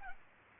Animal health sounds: mosquito wingbeat signal from an infrared sensor; Culex pipiens

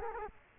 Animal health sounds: mosquito wingbeat signal from an infrared sensor; Culex quinquefasciatus

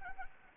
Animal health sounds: mosquito wingbeat signal from an infrared sensor; Anopheles arabiensis

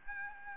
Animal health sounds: mosquito wingbeat signal from an infrared sensor; Aedes albopictus

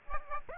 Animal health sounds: mosquito wingbeat signal from an infrared sensor; Aedes aegypti

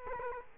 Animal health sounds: mosquito wingbeat signal from an infrared sensor; Culex quinquefasciatus

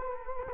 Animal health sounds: mosquito wingbeat signal from an infrared sensor; Culex quinquefasciatus

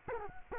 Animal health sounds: mosquito wingbeat signal from an infrared sensor; Culex quinquefasciatus

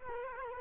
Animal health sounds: mosquito wingbeat signal from an infrared sensor; Culex quinquefasciatus

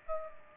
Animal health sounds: mosquito wingbeat signal from an infrared sensor; Aedes aegypti

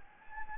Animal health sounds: mosquito wingbeat signal from an infrared sensor; Anopheles gambiae

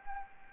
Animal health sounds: mosquito wingbeat signal from an infrared sensor; Anopheles gambiae

